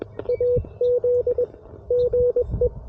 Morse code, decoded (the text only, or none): AZ GE